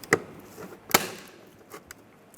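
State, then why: Seated. Replacement side mirror glass for a 2014–2019 Toyota Highlander is pushed straight in at its center onto the power mirror's backing mount, and its plastic clips snap home with sharp clicks at 0.1 s and 1.0 s. A few fainter ticks follow, and the glass ends up seated with a solid click.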